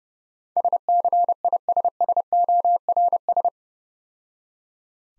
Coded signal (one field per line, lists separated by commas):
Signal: Morse code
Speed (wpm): 29 wpm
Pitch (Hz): 700 Hz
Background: none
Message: SCISSORS